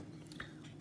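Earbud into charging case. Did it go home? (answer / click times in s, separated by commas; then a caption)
yes / 0.4 s. A Bose Sleepbuds sleep earbud is pressed into its slot in the magnetic charging case, with a small transient at 0.3 s just before it. A short, bright click at 0.4 s marks the magnet engaging and the charging contacts lining up, and a softer, longer sound follows near 0.8 s. The earbud is seated in the case.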